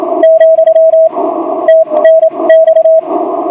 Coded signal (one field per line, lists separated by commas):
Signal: Morse code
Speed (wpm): 26 wpm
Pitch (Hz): 650 Hz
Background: radio noise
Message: , TNX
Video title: LW3DG and F8DGY bug qso 10 m